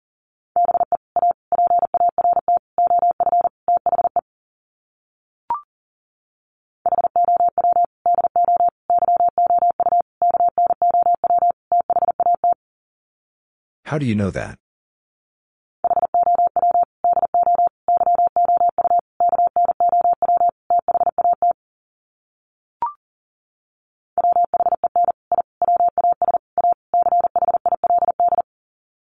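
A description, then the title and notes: Morse code beeps on a single steady mid-pitched tone, keyed in rapid dots and dashes. The code comes in four runs of about four to six seconds, separated by silences broken by faint clicks. Midway, a short, harsh sweeping burst cuts in briefly. Sets of 5 Words Encore 40wpm. First, the words are sent in Morse code.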